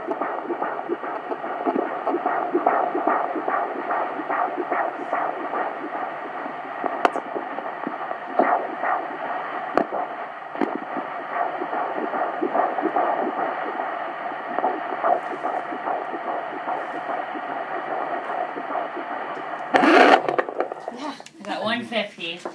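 Fast, regular whooshing pulses over steady hiss: a fetal heartbeat picked up by Doppler at 7 months of pregnancy.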